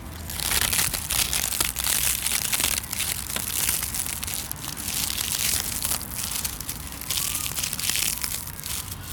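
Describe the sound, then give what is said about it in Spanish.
Dry leaves crunch and crackle steadily for several seconds, a dense, bright rustling texture with irregular crisp snaps and no voices. “Lo primero que vamos a captar es este sonido, el de las hojas.”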